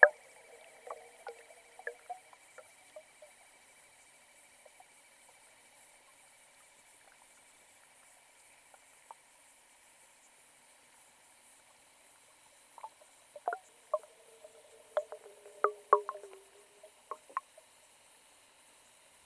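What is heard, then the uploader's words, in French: Underwater in a small pond: a steady thin hiss, sparse clicks early, then a busier burst of bubbly ticks and pops near the end. Petit étang. Enregistrement hydrophonique, Parc Jean-Jacques Rousseau (Ermenonville, France). Sound Devices 722; Aquarian Audio H2a-XLR hydrophones.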